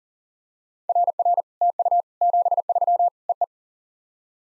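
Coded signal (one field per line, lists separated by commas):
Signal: Morse code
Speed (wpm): 42 wpm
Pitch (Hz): 700 Hz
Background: none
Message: RR TU 73 EE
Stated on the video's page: SOTA QSO practice exchanges at 40 wpm, each sent in Morse, then spoken, then sent again.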